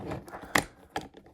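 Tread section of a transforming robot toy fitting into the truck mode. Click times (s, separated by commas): 0.6 s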